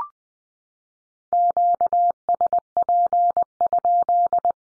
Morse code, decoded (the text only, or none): QSP?